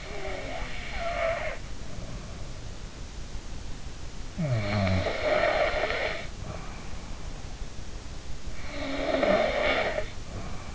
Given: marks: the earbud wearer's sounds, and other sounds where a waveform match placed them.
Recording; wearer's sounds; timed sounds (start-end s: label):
sounds in sleep by an in-ear microphone; snoring breath
0.00-2.85 s: snoring breath
4.37-6.82 s: snoring breath
8.53-10.74 s: snoring breath